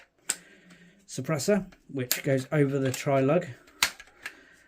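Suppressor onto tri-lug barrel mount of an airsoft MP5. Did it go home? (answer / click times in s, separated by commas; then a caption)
yes / 3.8 s. A metal Madbull Gemtech airsoft suppressor is slid over the tri-lug barrel mount of a VFC MP5A3 gas blowback airsoft gun and twisted until it seats, locking in place with a sharp mechanical click at 3.8 s followed by a few small rattles. Someone talks throughout, and a brief tick is heard near the start.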